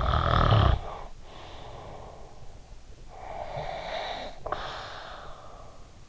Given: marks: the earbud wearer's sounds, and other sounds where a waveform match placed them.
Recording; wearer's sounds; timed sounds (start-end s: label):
sounds in sleep by an in-ear microphone; snoring breath
0.00-2.27 s: snoring breath
3.18-5.91 s: snoring breath